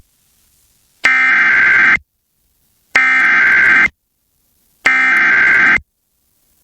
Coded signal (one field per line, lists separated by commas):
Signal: Emergency Alert System (SAME) tones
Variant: header bursts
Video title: EAS severe thunderstorm warning in Jackson, Mississippi (12-14-2022) KALT-FM